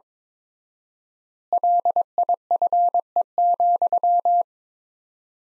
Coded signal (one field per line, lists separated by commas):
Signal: Morse code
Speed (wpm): 21 wpm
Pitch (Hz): 700 Hz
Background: none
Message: LIFE,